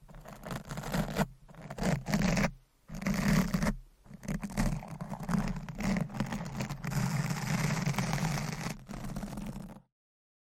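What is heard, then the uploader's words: Dense scratching and tapping with crisp, bright detail and a low rumble, broken by brief silences near 1, 2.5 and 3.7 seconds. ASMR Scratching , Tapping & Massage with DIFFERENT Mics , Items & Nails No Talking.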